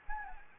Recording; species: mosquito wingbeat signal from an infrared sensor; Anopheles gambiae